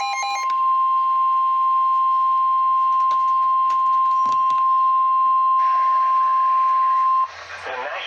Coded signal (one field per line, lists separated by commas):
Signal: Emergency Alert System (SAME) tones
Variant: 1050 Hz attention tone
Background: speech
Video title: DERECHO CHAOS AND ITS FALLOUT (EAS Alerts from June 3rd and 4th 376-416)